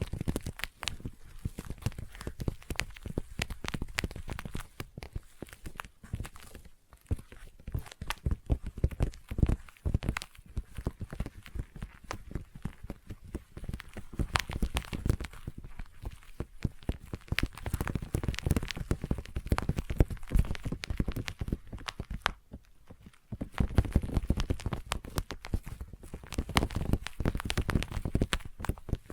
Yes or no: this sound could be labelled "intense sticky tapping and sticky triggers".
yes